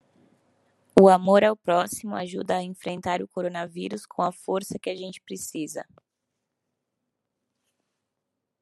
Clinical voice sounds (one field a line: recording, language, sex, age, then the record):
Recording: spoken sentence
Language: Brazilian Portuguese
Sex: female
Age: 30 to 39 years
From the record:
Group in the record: control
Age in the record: 30 years